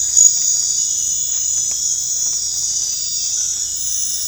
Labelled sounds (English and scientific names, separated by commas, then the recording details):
none
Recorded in dense forest near Puerto Asís, Putumayo, Colombia, on 22 December 2024 at 22:00
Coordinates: 0.468, -76.322
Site G071